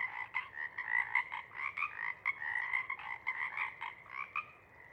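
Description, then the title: Pacific chorus frogs in a dense chorus, many overlapping croaks pulsing rapidly and continuously. Chorus at a pond in pre-morning twilight as night wanes; temperature torpor sets in and individuals leave to hunt; full chorus breaks into waves circling the pond, then staccato sections tapering away. "Chorus Frogs, Chorus Waxes and Wanes, pre-morning-twilight"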